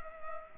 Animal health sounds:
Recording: mosquito wingbeat signal from an infrared sensor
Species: Culex pipiens

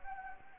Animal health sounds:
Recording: mosquito wingbeat signal from an infrared sensor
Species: Anopheles gambiae

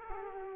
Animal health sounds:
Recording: mosquito wingbeat signal from an infrared sensor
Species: Aedes aegypti

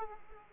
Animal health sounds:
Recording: mosquito wingbeat signal from an infrared sensor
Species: Aedes aegypti

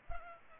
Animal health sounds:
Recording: mosquito wingbeat signal from an infrared sensor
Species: Culex pipiens

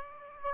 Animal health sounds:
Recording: mosquito wingbeat signal from an infrared sensor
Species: Aedes aegypti

